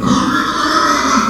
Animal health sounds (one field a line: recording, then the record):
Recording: squeal of a Yucatan mini pig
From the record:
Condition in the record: after surgery on the right vocal fold (resection and tissue-engineered implant)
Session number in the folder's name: 14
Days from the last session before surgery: 133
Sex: female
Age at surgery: 19 weeks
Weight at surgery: 25 kg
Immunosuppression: prednisolone